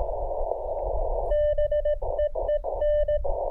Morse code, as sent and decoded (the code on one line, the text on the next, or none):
-... . . -.
BEEN